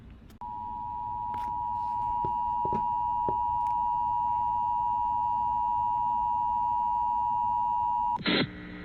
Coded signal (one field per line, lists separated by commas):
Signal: Emergency Alert System (SAME) tones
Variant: 853 and 960 Hz attention tone